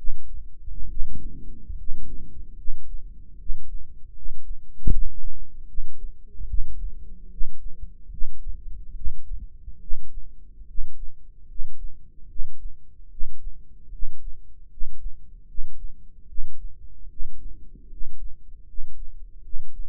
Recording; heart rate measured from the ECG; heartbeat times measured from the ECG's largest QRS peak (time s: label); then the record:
heart sounds by microphone in the right ear; 74 bpm
0.88 s: heartbeat
1.76 s: heartbeat
2.56 s: heartbeat
3.38 s: heartbeat
4.14 s: heartbeat
4.90 s: heartbeat
5.67 s: heartbeat
6.47 s: heartbeat
7.30 s: heartbeat
8.10 s: heartbeat
8.94 s: heartbeat
9.80 s: heartbeat
10.66 s: heartbeat
11.47 s: heartbeat
12.28 s: heartbeat
13.09 s: heartbeat
13.91 s: heartbeat
14.69 s: heartbeat
15.47 s: heartbeat
16.27 s: heartbeat
17.09 s: heartbeat
17.89 s: heartbeat
18.66 s: heartbeat
19.42 s: heartbeat
From the record:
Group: healthy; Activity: rest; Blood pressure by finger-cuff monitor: 101/67 mmHg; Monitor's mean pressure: 76 mmHg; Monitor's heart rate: 73 bpm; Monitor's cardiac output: 6.2 L/min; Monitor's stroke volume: 84 mL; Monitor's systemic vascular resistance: 890 dyn s/cm5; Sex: male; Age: 35 years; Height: 180 cm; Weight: 86.9 kg